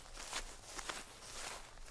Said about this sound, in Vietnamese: chợt nghe có tiếng bước chân người lao sao ở bên ngoài. Tôi giật thót mình một cái, đúng là tiếng bước chân người, không thể nào nhầm được.